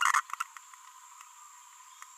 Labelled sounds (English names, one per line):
Green-rumped Parrotlet babbling